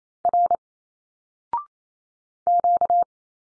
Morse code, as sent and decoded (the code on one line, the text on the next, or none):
.-. / --.-
R Q